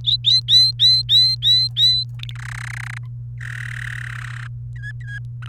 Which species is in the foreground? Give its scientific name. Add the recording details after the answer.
Serinus canaria. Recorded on 29 April 2018 at 13:00. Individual llb3